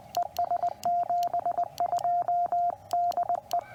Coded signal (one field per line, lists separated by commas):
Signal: Morse code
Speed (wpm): 18 wpm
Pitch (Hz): 690 Hz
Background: radio noise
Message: ES 72 DE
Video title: QRP DX: CW POTA WITH MY NEW QMX @ OLD FORT HARROD #parksontheair #cw #hamradio